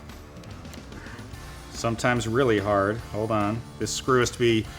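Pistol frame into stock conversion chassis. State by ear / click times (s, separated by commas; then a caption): not seated / none. A Glock pistol frame is pushed hard into the front of a B&T USW stock conversion chassis, with faint handling noises under background music while someone talks. The front screw must be backed almost all the way out first, and nothing has seated or clicked yet.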